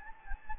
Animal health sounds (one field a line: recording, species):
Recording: mosquito wingbeat signal from an infrared sensor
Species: Anopheles gambiae